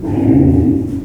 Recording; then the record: squeal of a Yucatan mini pig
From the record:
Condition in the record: before surgery on the right vocal fold (resection and tissue-engineered implant); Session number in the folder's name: 1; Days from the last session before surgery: -21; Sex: female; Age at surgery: 19 weeks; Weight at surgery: 25 kg